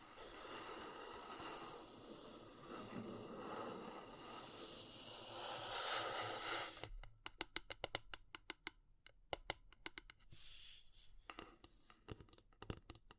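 Wood, bamboo and straw are rubbed in a dense, steady scratchy rustle for seven seconds, then give way to sparse, sharp taps and clicks.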